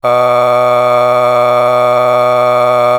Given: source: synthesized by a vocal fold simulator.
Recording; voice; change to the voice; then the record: sustained vowel; male; a random mix of aspiration noise, stiffness perturbation and strain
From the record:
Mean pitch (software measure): 123 Hz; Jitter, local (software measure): 0.91%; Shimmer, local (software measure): 6.3%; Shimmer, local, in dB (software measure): 0.55 dB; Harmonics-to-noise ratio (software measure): 15.8 dB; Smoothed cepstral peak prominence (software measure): 17.3 dB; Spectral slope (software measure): -14.8 dB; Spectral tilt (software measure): -9.6 dB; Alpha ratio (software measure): -5.2 dB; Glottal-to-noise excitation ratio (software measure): 0.950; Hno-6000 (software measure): 2.0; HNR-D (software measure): 28.3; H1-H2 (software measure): 1.6 dB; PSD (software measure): 9.0e-05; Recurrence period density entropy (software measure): 0.114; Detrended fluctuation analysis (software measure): 0.0319